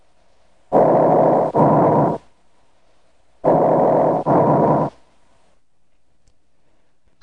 Mainstem bronchi breath sounds are heard over the chest wall on either side of the sternum from the second to the fourth intercostal spaces anteriorly and along the vertebral column from the third to the sixth intercostal spaces posteriorly. Now listen carefully to tracheal and mainstem bronchi breath sounds.